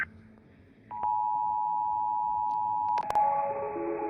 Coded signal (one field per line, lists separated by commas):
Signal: Emergency Alert System (SAME) tones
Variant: 853 and 960 Hz attention tone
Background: music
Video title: All of North America's eas alarms